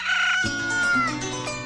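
A single rooster crows in one drawn-out, strained call lasting under two seconds, harmonic and nasal, holding a steady pitch before trailing off. No voices are heard.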